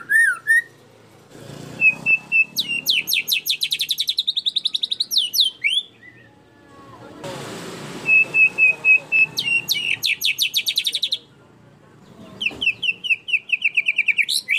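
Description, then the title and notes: Canary song with rapid rolling trills and chattered phrases, broken by brief pauses, each phrase repeating notes several times a second at a high pitch. Canary song intended as master audio for training birds. "Kicauan Kenari Durasi Panjang. Masteran Burung"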